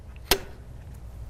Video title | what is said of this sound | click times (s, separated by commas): 2024 - 2025 Chevy Blazer EV - 2025 Chevy Blazer EV - 2025 Chevy Blazer - 2025 Blazer - Blazer 2025 | when plugging the cord into the vehicle make sure it clicks into place | 0.3 s